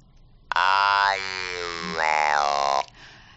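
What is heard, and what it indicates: Steady, flat-pitched mechanical buzz shaped into the vowels a-i-u-e-o: electrolarynx speech replacing the natural voice. An electric artificial larynx is held under the jaw while the talker does not voice and only moves the mouth; the vowels come through clearly.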